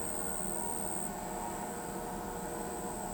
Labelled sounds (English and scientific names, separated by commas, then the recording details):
none
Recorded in pastures near Pivijay, Magdalena, Colombia, on 15 April 2023 at 23:00
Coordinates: 10.456, -74.369
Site P6-G026